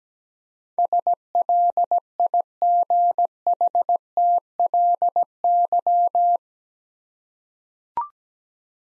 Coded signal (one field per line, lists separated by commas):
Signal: Morse code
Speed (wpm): 17 wpm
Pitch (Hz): 700 Hz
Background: none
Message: SLIGHTLY